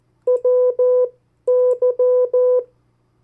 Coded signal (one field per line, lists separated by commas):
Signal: Morse code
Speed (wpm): 14 wpm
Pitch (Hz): 500 Hz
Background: none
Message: WY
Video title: 50 State Abbreviations, Variable speeds, in CW Video #1